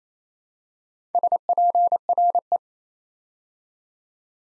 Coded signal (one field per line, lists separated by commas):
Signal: Morse code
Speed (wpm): 27 wpm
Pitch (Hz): 700 Hz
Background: none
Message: SPRE